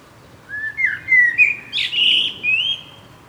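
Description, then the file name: Common blackbird singing a mellow, fluty phrase that rises gradually and ends in a thin, high, drawn-out note. "Turdus merula"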